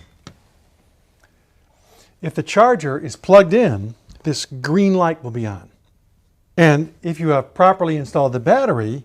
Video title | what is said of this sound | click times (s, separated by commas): Invacare Reliant 350 Stand up Lift | it away until you hear it click if the | 0.3 s